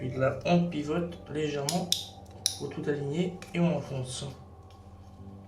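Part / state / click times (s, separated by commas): plastic model car part pressed into its mating part / not seated / none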